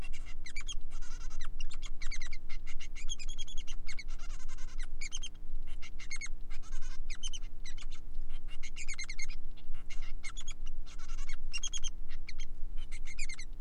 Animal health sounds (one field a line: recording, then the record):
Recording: song of a male Bengalese finch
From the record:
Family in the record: son of father 3